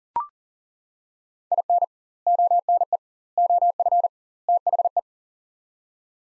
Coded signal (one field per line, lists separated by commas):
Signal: Morse code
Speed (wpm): 40 wpm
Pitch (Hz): 700 Hz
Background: none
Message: IN ONE OF THE